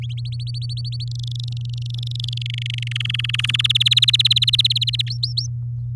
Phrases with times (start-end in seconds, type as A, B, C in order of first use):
0.02-1.04 A, 1.07-2.42 B, 2.46-2.92 C, 2.95-3.51 D, 3.54-5.02 E, 5.07-5.47 F